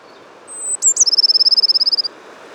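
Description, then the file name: Eurasian blue tit: a high sustained thin note, two sharp notes and a fast, regular ringing trill lasting about a second. "Cyanistes caeruleus"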